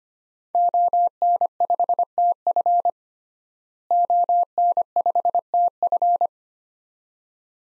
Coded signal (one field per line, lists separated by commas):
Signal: Morse code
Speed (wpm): 25 wpm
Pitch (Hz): 700 Hz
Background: none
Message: ON5TF ON5TF